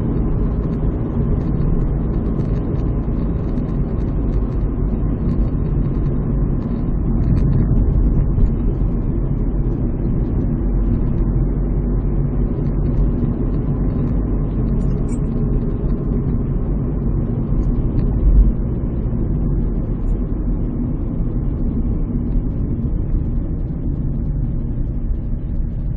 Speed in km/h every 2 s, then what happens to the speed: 61, 58, 56, 53, 51, 51, 54, 55, 49, 45, 2, 2, 8.
0-7 slows to 51. 7-14 steady at about 51. 14-19 brakes to 2. 19-26 steady at about 2.